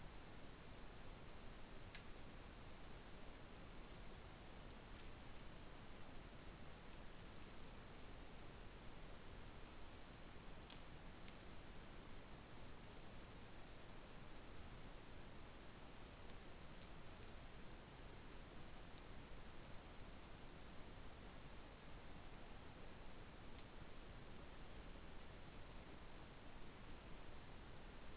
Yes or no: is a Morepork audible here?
no